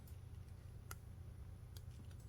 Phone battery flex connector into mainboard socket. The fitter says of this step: felt like it clicked on this side